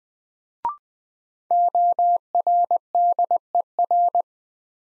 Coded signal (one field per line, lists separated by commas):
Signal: Morse code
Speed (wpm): 20 wpm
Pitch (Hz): 700 Hz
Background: none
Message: ORDER